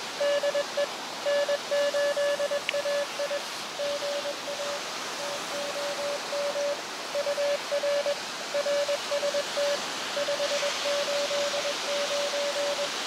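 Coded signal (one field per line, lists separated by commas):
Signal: Morse code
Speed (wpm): 21 wpm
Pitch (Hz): 570 Hz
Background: music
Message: DE N8AI GA TOM UR RST 589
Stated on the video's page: QRP CW contacts in a park using an Elecraft KX2 with a HyEndFed end-fed long wire antenna.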